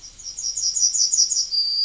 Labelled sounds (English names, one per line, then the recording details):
Yellowhammer song
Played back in forest
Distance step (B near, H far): C
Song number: 051